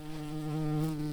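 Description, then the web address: Red-tailed bumblebee buzzing, a steady low drone with rich overtones, holding an even pitch throughout. Queen. "Lapidarius queens"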